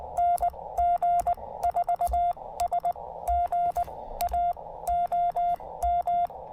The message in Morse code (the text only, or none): NG4S GA OM